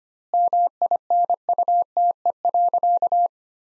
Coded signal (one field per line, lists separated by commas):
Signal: Morse code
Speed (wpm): 25 wpm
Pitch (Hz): 700 Hz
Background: none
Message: MINUTE.